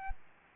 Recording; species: mosquito wingbeat signal from an infrared sensor; Anopheles gambiae